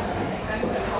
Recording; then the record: background sound without coughing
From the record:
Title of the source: 40 min - Ambience sounds UNIVERSITY lunchroom chatting